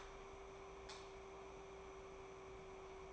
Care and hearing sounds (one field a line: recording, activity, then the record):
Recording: daily activity, microphone in the room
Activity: light on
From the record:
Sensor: 1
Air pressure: 1010.3 hPa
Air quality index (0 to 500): 173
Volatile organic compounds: 12 ppm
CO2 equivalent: 2377 ppm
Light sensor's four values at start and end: 52/135/56/70 and 55/149/60/75